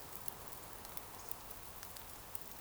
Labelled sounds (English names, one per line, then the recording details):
Eurasian Woodcock whistle
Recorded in Baden-Württemberg, Germany, on 28 June 2020 at 02:30 UTC
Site 43791, 788 m above sea level